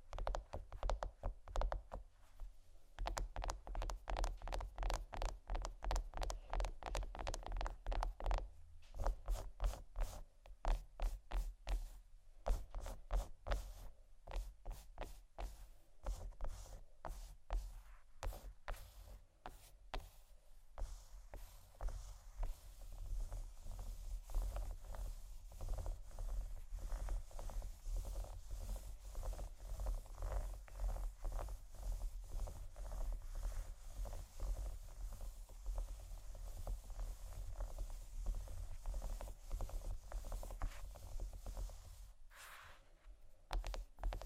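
Fingernails tap and scratch on a chocolate bar. For the first twenty seconds the taps come quick and dense in crisp clicking runs with short pauses; after that a steadier, hissing scratch takes over, breaking briefly near the end. A low steady hum sits underneath throughout.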